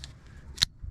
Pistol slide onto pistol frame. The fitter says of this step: you'll push that back you'll kind of hear a click okay